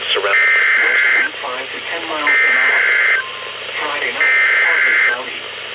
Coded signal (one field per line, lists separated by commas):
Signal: Emergency Alert System (SAME) tones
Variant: header bursts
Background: speech